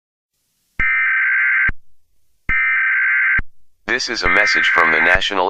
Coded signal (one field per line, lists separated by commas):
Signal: Emergency Alert System (SAME) tones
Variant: header bursts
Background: speech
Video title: EAS Scenario #48: 2nd Civil War